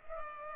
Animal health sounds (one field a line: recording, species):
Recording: mosquito wingbeat signal from an infrared sensor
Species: Culex pipiens